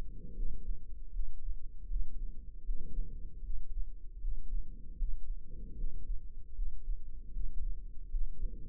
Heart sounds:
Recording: heart sounds by microphone in the left ear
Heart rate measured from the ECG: 77 bpm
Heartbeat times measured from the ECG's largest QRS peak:
0.34 s: heartbeat
1.10 s: heartbeat
1.87 s: heartbeat
2.63 s: heartbeat
3.41 s: heartbeat
4.19 s: heartbeat
4.96 s: heartbeat
5.75 s: heartbeat
6.53 s: heartbeat
7.31 s: heartbeat
8.09 s: heartbeat
From the record:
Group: healthy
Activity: rest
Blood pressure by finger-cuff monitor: 102/74 mmHg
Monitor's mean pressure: 84 mmHg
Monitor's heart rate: 78 bpm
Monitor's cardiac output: 5.7 L/min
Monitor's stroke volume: 72 mL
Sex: female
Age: 32 years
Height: 172 cm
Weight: 71.7 kg

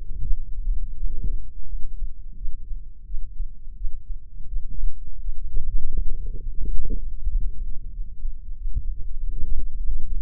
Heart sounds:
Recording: heart sounds by microphone in the left ear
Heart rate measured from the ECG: 87 bpm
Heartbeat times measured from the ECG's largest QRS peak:
0.22 s: heartbeat
0.96 s: heartbeat
1.67 s: heartbeat
2.36 s: heartbeat
3.06 s: heartbeat
3.76 s: heartbeat
4.47 s: heartbeat
5.20 s: heartbeat
5.90 s: heartbeat
6.60 s: heartbeat
7.27 s: heartbeat
7.91 s: heartbeat
8.56 s: heartbeat
9.21 s: heartbeat
9.86 s: heartbeat
From the record:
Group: healthy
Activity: rest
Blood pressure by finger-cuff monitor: 133/73 mmHg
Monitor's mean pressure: 91 mmHg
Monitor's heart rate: 86 bpm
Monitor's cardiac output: 9.4 L/min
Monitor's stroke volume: 111 mL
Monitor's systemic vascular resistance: 720 dyn s/cm5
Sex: male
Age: 57 years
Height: 188 cm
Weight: 106 kg

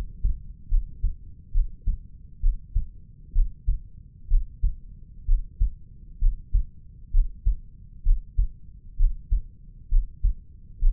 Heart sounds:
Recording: heart sounds by stethoscope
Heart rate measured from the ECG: 65 bpm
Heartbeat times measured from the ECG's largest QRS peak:
0.69 s: heartbeat
1.52 s: heartbeat
2.41 s: heartbeat
3.33 s: heartbeat
4.28 s: heartbeat
5.26 s: heartbeat
6.19 s: heartbeat
7.11 s: heartbeat
8.03 s: heartbeat
8.97 s: heartbeat
9.89 s: heartbeat
10.79 s: heartbeat
From the record:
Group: healthy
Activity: breath hold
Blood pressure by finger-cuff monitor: 109/69 mmHg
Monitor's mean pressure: 80 mmHg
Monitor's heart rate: 65 bpm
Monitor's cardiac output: 5.4 L/min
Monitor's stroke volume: 82 mL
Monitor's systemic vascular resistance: 1080 dyn s/cm5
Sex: female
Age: 22 years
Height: 160 cm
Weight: 45 kg

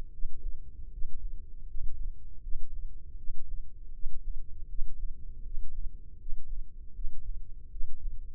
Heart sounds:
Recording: heart sounds by microphone in the right ear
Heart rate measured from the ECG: 79 bpm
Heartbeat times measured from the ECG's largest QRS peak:
0.11 s: heartbeat
0.91 s: heartbeat
1.67 s: heartbeat
2.42 s: heartbeat
3.17 s: heartbeat
3.93 s: heartbeat
4.68 s: heartbeat
5.43 s: heartbeat
6.18 s: heartbeat
6.94 s: heartbeat
7.70 s: heartbeat
From the record:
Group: healthy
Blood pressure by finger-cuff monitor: 95/54 mmHg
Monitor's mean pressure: 65 mmHg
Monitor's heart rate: 80 bpm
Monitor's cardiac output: 7.6 L/min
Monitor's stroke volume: 95 mL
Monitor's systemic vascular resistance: 620 dyn s/cm5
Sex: male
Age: 19 years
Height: 178 cm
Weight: 83 kg

